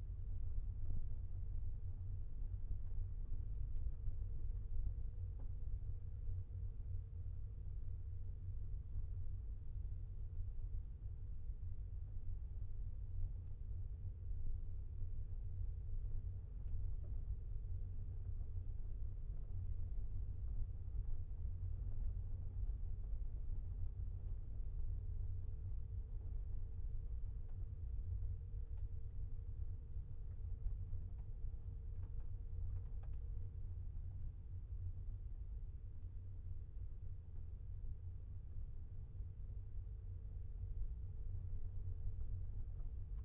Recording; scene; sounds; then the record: everyday scene through a hearing-aid microphone; in a vehicle; engine, rumble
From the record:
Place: Skoda Fabia, gasoline engine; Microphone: behind the ear, left, rear